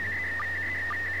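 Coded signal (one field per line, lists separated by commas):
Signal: SSTV (slow-scan television)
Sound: warbling tone jumping around 2 kHz with short low chirps twice per second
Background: low hum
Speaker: looks interesting looks like the space station and there's going to be an ID at the end that callsign probably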